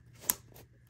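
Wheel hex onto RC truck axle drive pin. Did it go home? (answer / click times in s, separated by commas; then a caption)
yes / 0.3 s. A plastic wheel hex is pushed over the drive pin on the rear axle of a Traxxas Stampede RC truck and clicks into place at 0.3 s with a sharp, bright snap, followed by faint, softer ticks. The hex is seated, and it went on more easily than expected.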